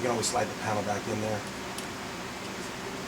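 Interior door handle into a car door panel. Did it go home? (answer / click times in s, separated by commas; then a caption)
no / none. Someone talks while the interior door handle assembly of a 2015-2016 Toyota Camry is handled to slide back into the front door panel, with a steady background hum and a brief faint tick near 1.8 seconds. The handle has not snapped into place yet; nothing has seated or clicked by the end of the clip.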